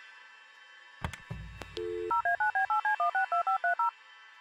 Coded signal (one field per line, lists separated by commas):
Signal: DTMF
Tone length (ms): 130 ms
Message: 0A9B8C162530